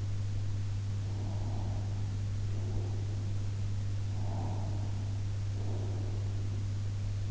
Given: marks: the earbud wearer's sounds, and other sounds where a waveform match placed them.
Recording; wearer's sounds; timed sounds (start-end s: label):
sounds in sleep by an in-ear microphone; breath
1.08-3.09 s: breath
4.26-6.43 s: breath